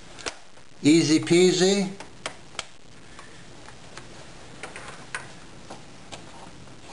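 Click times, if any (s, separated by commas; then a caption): 2.3 s, 2.6 s, 4.6 s, 4.8 s, 5.1 s, 6.1 s. A plastic screen bezel is pressed onto the display lid of an Acer Aspire 5734Z laptop during a screen replacement, and its clips snap in around the frame. Someone talks briefly near the start, followed by a series of sharp ticking snaps at 2.3, 2.6, 4.6, 4.8, 5.2 and 6.1 seconds. The bezel ends up seated.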